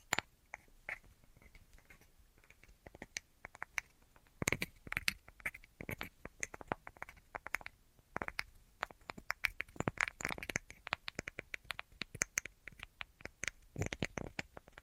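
Tapping on assorted surfaces, a dense run of sharp, irregular clicks and knocks with quick bursts of faster taps. Some hits are brighter and heavier, clustering around the fifth, tenth and fourteenth seconds. Sparse near the start, busier from the middle onward.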